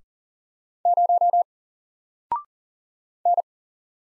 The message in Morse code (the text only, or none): 0 N